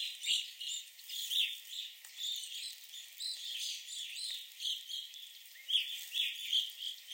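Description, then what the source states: Evening grosbeaks calling together, many clear chirps overlapping continuously, with a few stronger notes near the end. Several birds at a visitor center in Sax-Zim Bog.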